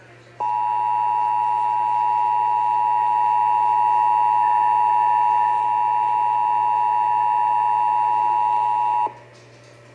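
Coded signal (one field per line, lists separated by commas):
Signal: Emergency Alert System (SAME) tones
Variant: 853 and 960 Hz attention tone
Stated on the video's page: Severe thunderstorm warning EAS tones for Dallas County, aired on WBAP-AM.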